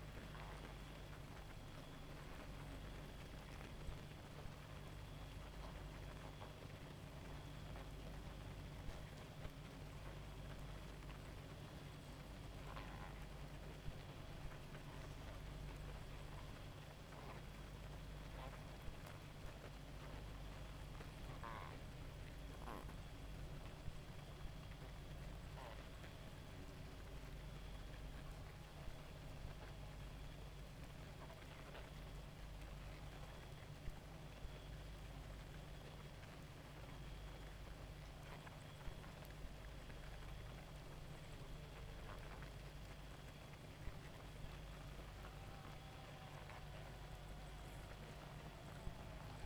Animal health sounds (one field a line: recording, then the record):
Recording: honeybee colony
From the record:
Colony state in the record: active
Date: 28 July 2017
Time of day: 1:19